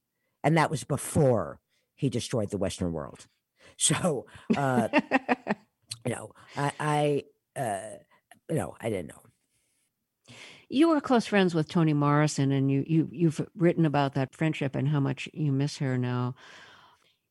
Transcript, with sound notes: And that was before he destroyed the Western world. So...
(Laughter).
No, I didn't know him.
You were close friends with Toni Morrison, and you've written about that friendship and how much you miss her now.